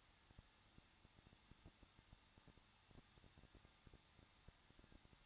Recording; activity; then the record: daily activity, microphone in the room; no activity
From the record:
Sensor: 3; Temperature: 21.2 degrees Celsius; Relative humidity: 36.3%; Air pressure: 1006.3 hPa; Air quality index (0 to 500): 222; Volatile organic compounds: 41 ppm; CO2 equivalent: 3172 ppm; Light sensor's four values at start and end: 2/3/2/2 and 2/3/2/2